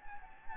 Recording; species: mosquito wingbeat signal from an infrared sensor; Anopheles gambiae